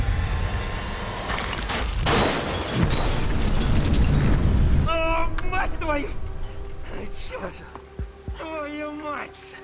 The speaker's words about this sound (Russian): Мужчина ловко разворачивается и стреляет из автомата по кабине. Убив пилота, вертолет врезается в многоэтажное здание.